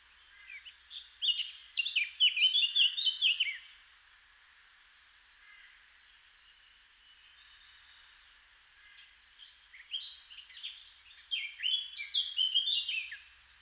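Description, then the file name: Eurasian blackcap song given twice, each a rapid varied warble, with a pause of several seconds between. "Sylvia atricapilla"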